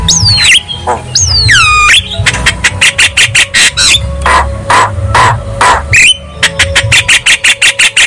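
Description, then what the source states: Javan myna song starting with two long slurred whistles, then rapid harsh chattering bursts and clicks, ending in quicker clipped notes. Lure recording ('pancingan') of Javan myna ('jalak kebo') song ('kicau'), meant for a bird that is not singing ('bisu').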